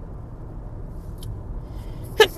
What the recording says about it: I think I got to sneeze. Bless me. I did have to sneeze.